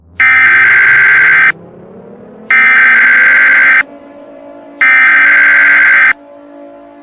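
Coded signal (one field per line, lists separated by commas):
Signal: Emergency Alert System (SAME) tones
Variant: header bursts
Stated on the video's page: Fictional EAS scenario about an AI after a runaway greenhouse effect.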